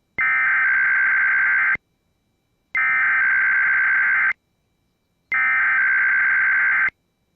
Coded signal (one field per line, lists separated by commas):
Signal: Emergency Alert System (SAME) tones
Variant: header bursts